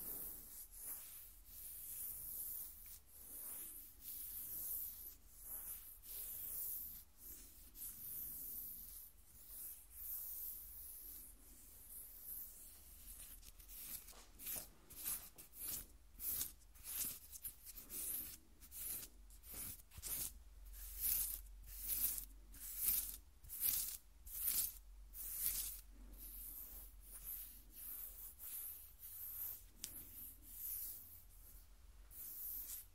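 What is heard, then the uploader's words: Fingernails scratch across skin in short, hissy strokes that sound bright and airy. The first half has a softer, looser texture, then from about fifteen seconds the scratches come as distinct, regular strokes roughly twice a second, over a faint low hum. ASMR Skin Scratching 1 Hour (No Talking).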